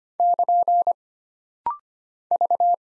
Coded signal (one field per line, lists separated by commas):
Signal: Morse code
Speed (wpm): 25 wpm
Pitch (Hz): 700 Hz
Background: none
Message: <KN> V